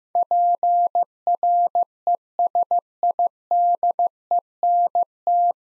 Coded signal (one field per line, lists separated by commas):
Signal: Morse code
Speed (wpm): 15 wpm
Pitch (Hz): 700 Hz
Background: none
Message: PRESIDENT